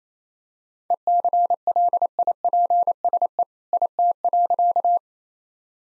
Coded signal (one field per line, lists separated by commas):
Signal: Morse code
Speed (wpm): 27 wpm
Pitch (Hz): 700 Hz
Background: none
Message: ECLIPSE IT.